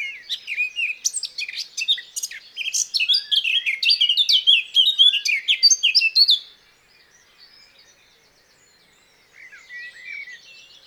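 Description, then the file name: Eurasian blackcap song: about six seconds of quick, varied, chattering warbling, then near quiet with faint bird calls. "Sylvia atricapilla"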